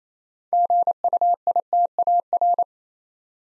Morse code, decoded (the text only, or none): GUITAR